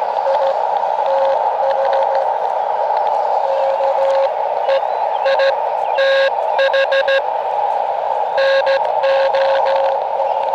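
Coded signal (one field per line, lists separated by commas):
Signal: Morse code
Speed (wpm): 15 wpm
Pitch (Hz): 540 Hz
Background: radio noise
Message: I TH KEITH NOE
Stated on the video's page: QRP portable operation on an Elecraft KX2 with two random wire antennas.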